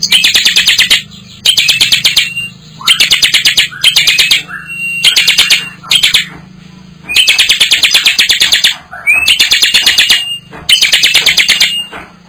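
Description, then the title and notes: Bar-winged prinia delivering repeated bursts of rapid, harsh ticking notes, with a faint low hum beneath. Vigorously singing (gacor) birds and young birds. "Kicau Ciblek. putri sherin. kumpulan suara burung ciblek gacor dan anakan"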